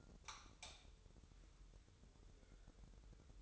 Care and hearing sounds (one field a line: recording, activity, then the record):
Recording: daily activity, microphone in the room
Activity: light off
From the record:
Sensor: 3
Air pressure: 988.3 hPa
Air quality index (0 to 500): 191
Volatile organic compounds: 265 ppm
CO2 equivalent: 4400 ppm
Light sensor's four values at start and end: 11/28/11/11 and 8/19/8/8